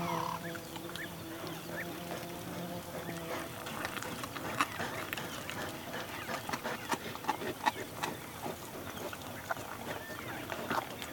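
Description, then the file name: Cheetah eating, with a low steady hum over the first few seconds and then repeated crunching and smacking bites. Cheetah eating and chewing, close up. "Digiffects Sound Effects Library - Close Cheetah Eating and Chewing"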